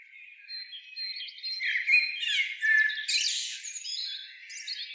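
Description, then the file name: Eurasian blackbird twitter that starts faint, then swells into a loud burst of squeaky, scratchy notes before easing off. "Turdus merula"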